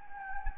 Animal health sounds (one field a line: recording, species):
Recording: mosquito wingbeat signal from an infrared sensor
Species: Anopheles gambiae